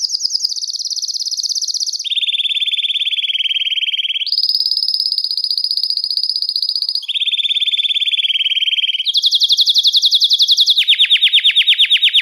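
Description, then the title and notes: Belgian canary in continuous song, switching every couple of seconds between rolling trills of different pitch, some low and buzzy, others high and bright. "Canario Belga, nyonyastudio"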